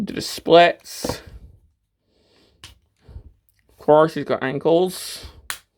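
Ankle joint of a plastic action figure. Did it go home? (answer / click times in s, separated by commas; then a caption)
yes / 5.5 s. Someone talks while moving the plastic ankle joint of an action figure's leg, with a few faint, brief sounds in a quiet pause midway. At 5.5 s a loud, sharp click is heard as the ankle joint snaps into place and seats.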